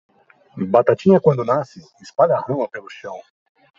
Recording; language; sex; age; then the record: short text; Brazilian Portuguese; male; 30 to 39 years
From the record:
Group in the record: control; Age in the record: 39 years